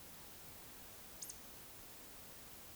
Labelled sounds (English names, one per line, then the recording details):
Eurasian Woodcock whistle
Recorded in Baden-Württemberg, Germany, on 20 May 2021 at 19:51 UTC
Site 24606, 635 m above sea level